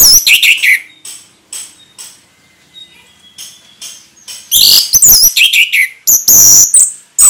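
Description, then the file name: Orange-headed thrush song: bursts of shrill, sweeping whistles and rapid twittering notes, separated by a quiet gap with faint thin whistles. Ngeplong song style, singing vigorously (gacor). "anis merah gacor ngeplong"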